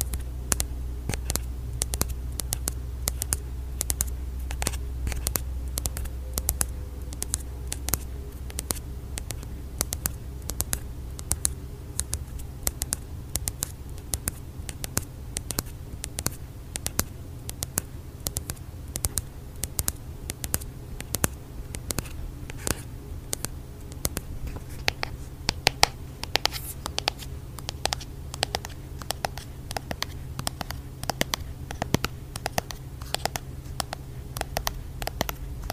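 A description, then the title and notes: Quick, light tapping patters on without pause, crisp clicks landing several times a second in an uneven rhythm. A low steady hum sits underneath, deeper in the first ten seconds, and the taps grow brighter and sharper after about twenty-five seconds. Asmr no talking, asmr tapping, asmr mic brushing. Blue yeti microphone.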